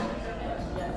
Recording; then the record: background sound without coughing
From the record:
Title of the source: 60 minutes of coffee shop sounds for study and concentration